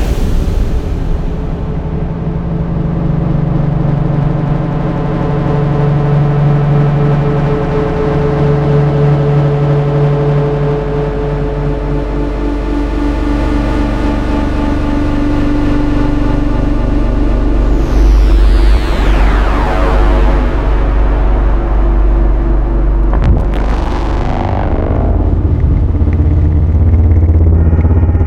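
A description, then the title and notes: A layered synthetic drone rumbles low with shifting tonal pads, swelling after eighteen seconds with sweeping rising tones and a sharp impact near twenty-three. Evolving soundscapes, multi-layered atmospheres, abstract tonal pads, deep drones, dynamic impacts, disturbing transitions, Acid synth textures and unusual Trailer sound effects.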